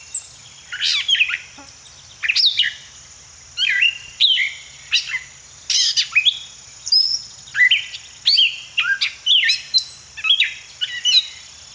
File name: Gray Catbird - Dumetella carolinensis